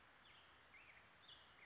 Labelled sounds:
Black-headed Grosbeak
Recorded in Sonoma County, California

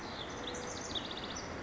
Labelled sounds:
House Wren
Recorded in Sonoma County, California

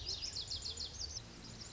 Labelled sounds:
Lazuli Bunting
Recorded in Sonoma County, California

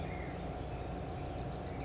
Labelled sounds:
California Towhee
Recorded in Sonoma County, California

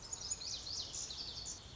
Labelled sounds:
Lazuli Bunting
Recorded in Sonoma County, California

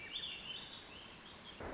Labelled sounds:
Swainson's Thrush
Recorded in Sonoma County, California

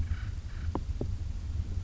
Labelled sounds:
Acorn Woodpecker
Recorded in Sonoma County, California

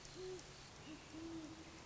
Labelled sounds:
Great Horned Owl
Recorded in Sonoma County, California

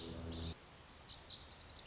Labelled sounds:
Lazuli Bunting
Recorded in Sonoma County, California

